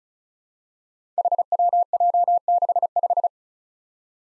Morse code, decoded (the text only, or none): HWJ65